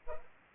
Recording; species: mosquito wingbeat signal from an infrared sensor; Culex pipiens